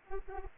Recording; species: mosquito wingbeat signal from an infrared sensor; Anopheles arabiensis